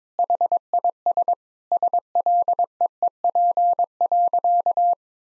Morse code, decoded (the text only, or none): HIS SLEEP.